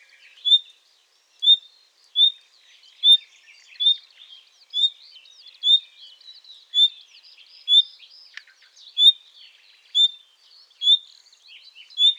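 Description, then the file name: Common nightingale song: a long series of loud, pure whistled notes repeated roughly once a second, with soft chattering phrases between them. "Luscinia megarhynchos"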